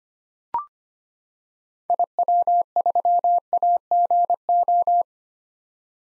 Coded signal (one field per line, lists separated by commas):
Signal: Morse code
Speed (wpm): 25 wpm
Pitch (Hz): 700 Hz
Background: none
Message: IW3AGO